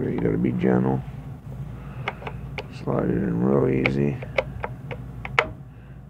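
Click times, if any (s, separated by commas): 5.4 s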